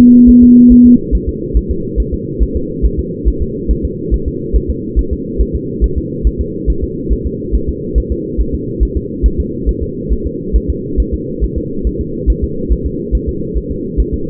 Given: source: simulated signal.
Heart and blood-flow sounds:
fetal heart sounds
0.00 s: S2
0.29 s: S1
0.43 s: S2
0.72 s: S1
0.86 s: S2
1.15 s: S1
1.29 s: S2
1.57 s: S1
1.71 s: S2
2.00 s: S1
2.14 s: S2
2.43 s: S1
2.57 s: S2
2.85 s: S1
3.00 s: S2
3.28 s: S1
3.42 s: S2
3.71 s: S1
3.85 s: S2
4.14 s: S1
4.28 s: S2
4.56 s: S1
4.70 s: S2
4.99 s: S1
5.13 s: S2
5.41 s: S1
5.55 s: S2
5.84 s: S1
5.98 s: S2
6.27 s: S1
6.41 s: S2
6.70 s: S1
6.84 s: S2
7.13 s: S1
7.27 s: S2
7.55 s: S1
7.69 s: S2
7.98 s: S1
8.12 s: S2
8.41 s: S1
8.54 s: S2
8.83 s: S1
8.97 s: S2
9.26 s: S1
9.40 s: S2
9.69 s: S1
9.83 s: S2
10.12 s: S1
10.26 s: S2
10.56 s: S1
10.70 s: S2
11.00 s: S1
11.14 s: S2
11.44 s: S1
11.58 s: S2
11.87 s: S1
12.01 s: S2
12.30 s: S1
12.44 s: S2
12.72 s: S1
12.87 s: S2
13.15 s: S1
13.29 s: S2
13.57 s: S1
13.72 s: S2
14.00 s: S1
14.14 s: S2
From the record:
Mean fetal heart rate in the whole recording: 140 bpm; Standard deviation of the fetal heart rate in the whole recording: 2 bpm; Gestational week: 34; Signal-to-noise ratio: -6.6 dB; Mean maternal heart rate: 72 bpm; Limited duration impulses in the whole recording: present

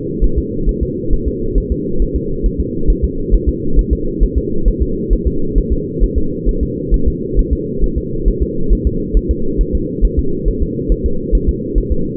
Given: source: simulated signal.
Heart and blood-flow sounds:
fetal heart sounds
0.24 s: S1
0.38 s: S2
0.69 s: S1
0.83 s: S2
1.13 s: S1
1.27 s: S2
1.58 s: S1
1.72 s: S2
2.02 s: S1
2.16 s: S2
2.46 s: S1
2.60 s: S2
2.90 s: S1
3.04 s: S2
3.35 s: S1
3.49 s: S2
3.79 s: S1
3.93 s: S2
4.24 s: S1
4.38 s: S2
4.68 s: S1
4.82 s: S2
5.13 s: S1
5.27 s: S2
5.58 s: S1
5.73 s: S2
6.04 s: S1
6.18 s: S2
6.49 s: S1
6.63 s: S2
6.94 s: S1
7.08 s: S2
7.39 s: S1
7.53 s: S2
7.84 s: S1
7.98 s: S2
8.28 s: S1
8.43 s: S2
8.73 s: S1
8.87 s: S2
9.17 s: S1
9.31 s: S2
9.61 s: S1
9.75 s: S2
10.05 s: S1
10.19 s: S2
10.48 s: S1
10.62 s: S2
10.92 s: S1
11.06 s: S2
11.35 s: S1
11.49 s: S2
11.78 s: S1
11.92 s: S2
From the record:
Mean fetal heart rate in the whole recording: 135 bpm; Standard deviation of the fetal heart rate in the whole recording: 3 bpm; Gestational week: 36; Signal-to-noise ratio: -8.1 dB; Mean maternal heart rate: 72 bpm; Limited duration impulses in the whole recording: absent

